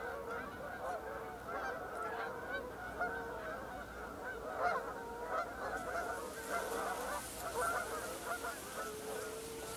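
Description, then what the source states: Canada goose: canada geese honking in a flock, repeated nasal honks overlapping, with a faint hiss rising in the background midway. Flock flying overhead.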